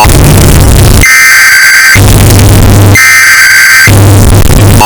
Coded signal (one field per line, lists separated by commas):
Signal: Emergency Alert System (SAME) tones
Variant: header bursts